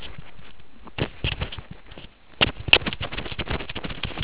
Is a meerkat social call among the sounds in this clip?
no